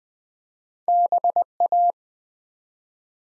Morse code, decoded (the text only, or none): BA